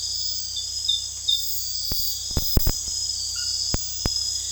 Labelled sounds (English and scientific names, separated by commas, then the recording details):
none
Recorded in dense forest near Puerto Asís, Putumayo, Colombia, on 19 February 2024 at 01:30
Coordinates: 0.485, -76.322
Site G6406